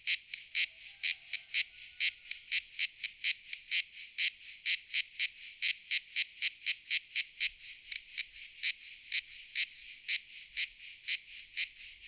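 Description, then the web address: Cicada song: rapid, evenly paced buzzing pulses, high and dry, running throughout. Recorded at Niort. "niort brizeaux mat. cigale"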